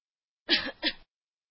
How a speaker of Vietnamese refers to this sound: Ai đó ho nhẹ một tiếng.